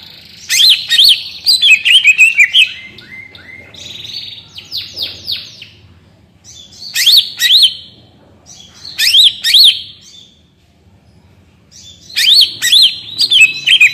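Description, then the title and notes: Greater green leafbird song: repeated phrases of rapid chirps, descending slurred whistles and buzzy notes, coming in bursts with short pauses. Actively singing (gacor, ngentrok) greater green leafbird with crest raised (jambul nembak), described as melodious; suited as masteran, a tutor for training captive greater green leafbirds. "Cucak Ijo Gacor Ngentrok Jambul Nembak. suara burung cucak ijo gacor, merdu cocok buat masteran burung cucak ijo"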